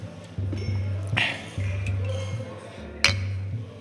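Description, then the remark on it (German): Glasses clink together in a toast: a bright chink about a second in, then a louder, sharper clink near the end, both over a low, steady background hum. “Prost. Prost. Mein Lieber.”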